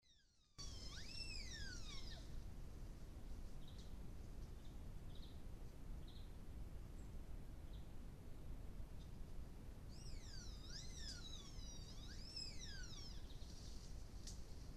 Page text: vocalization of the baird’s tapir Tapirus bairdii from Talamanca, Costa Rica